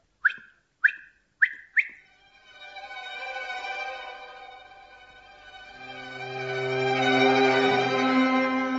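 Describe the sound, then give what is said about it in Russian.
A small whistle, Queen Ramina's whistle, gives four quick, bright toots in a row, then sounds one long, steady shrill note that swells louder and gains a lower, buzzing undertone toward the end. “Свисток королевы Рамины!”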